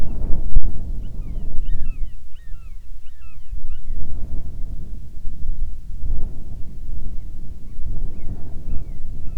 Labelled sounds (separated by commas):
bird, wind